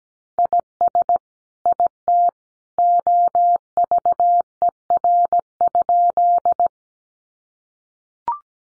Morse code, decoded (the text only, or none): IS IT OVER?